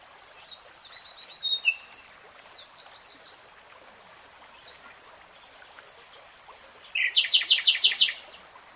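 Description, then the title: Nightingale song: varied whistled and trilled phrases, high sustained tones, then a fast burst of repeated notes. Nightingale singing in real time. "[Tiếng chim hót] 3 Hours REALTIME Nightingale Singing"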